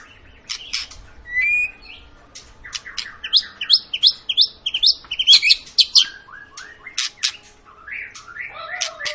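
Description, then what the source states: White-rumped shama song, a fast varied run of high whistles, sharp chips and rising slurs. Long lure recording of a vigorously singing White-rumped shama, used to make other birds sing.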